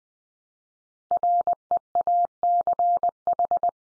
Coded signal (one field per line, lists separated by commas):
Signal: Morse code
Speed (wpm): 20 wpm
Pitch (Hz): 700 Hz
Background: none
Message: REACH